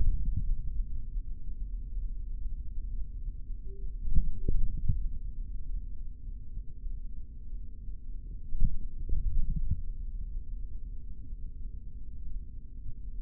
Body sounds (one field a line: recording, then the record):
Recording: forearm muscle sounds (acoustic myography)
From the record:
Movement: index flexion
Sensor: system 3, bracelet of six PUI Audio POM-2738L microphones around the upper forearm, with dedicated amplification and filtering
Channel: 3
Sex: male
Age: 26 years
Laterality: right